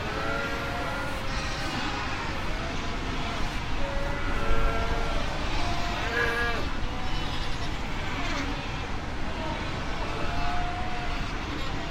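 Fur seals calling in a colony, many overlapping wavering bleats and moans against a steady low roar.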